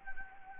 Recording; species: mosquito wingbeat signal from an infrared sensor; Anopheles gambiae